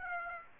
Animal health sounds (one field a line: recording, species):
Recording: mosquito wingbeat signal from an infrared sensor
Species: Aedes aegypti